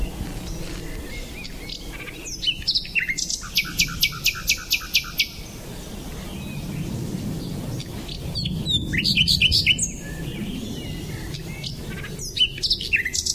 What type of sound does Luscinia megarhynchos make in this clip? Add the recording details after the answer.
song. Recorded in the wild. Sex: male. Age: adult. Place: Lübars, Berlin, DE. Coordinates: 52.6172, 13.3619. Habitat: wood. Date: 2007-04-28 13:45. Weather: sunny, 24-25°C. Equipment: Sony WM-D6C, Sennheiser ME 80. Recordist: Tembrock, Günter